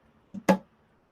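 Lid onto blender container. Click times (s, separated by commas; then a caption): 0.5 s. A lid with side wings and a rubber seal is pressed onto a 64-ounce plastic Vitamix blender container. A soft contact sound at about 0.4 s is followed by a sharp, bright snap at 0.5 s. The wings snap the lid into place, so it is seated.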